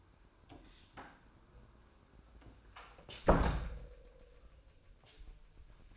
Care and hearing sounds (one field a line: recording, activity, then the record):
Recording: daily activity, microphone in the room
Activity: close door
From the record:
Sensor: 2